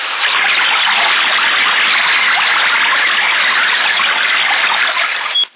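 A toilet flushes with a loud, steady rush of gushing water that holds for several seconds, then cuts off abruptly. No voices are heard.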